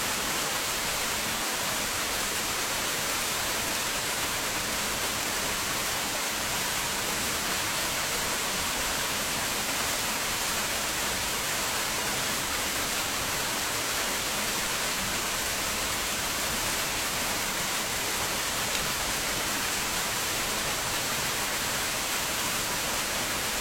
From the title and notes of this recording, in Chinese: 坐落在南京紫金山独龙阜玩珠峰下，东毗中山陵，南临梅花山。南京明孝陵的雨后蝉鸣。